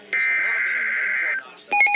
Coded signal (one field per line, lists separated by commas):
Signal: Emergency Alert System (SAME) tones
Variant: header bursts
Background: speech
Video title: Severe T’Storm Warning (EAS #691) 4/2/25